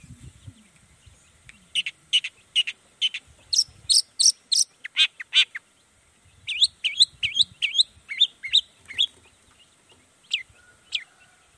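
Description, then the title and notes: Long-tailed shrike: songbird song of sharp high notes in two bursts of rapid chips and slurred whistles, with faint low background sounds. Cendet in full 'gacor' song in the morning, 'toet toet' sound variation; played once to make other shrikes respond quickly and agitatedly. "Cendet Gacor Dor Di Kala Pagi Toet Toet Variasi Suara. Cendet Gacor Langsung Nyaut Emosi Hanya dengan Sekali Putar Bikin Cendet Lainya Cepat Respon Bunyi. Burung cendet"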